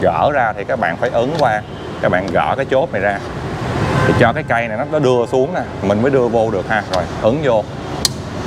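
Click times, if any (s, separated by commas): 8.0 s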